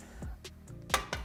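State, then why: Seated. A plastic rail is clicked onto an extractor hood filter and seats in place. A short, sharp click sounds at 0.9 s, with smaller knocks around it, including one at 1.1 s.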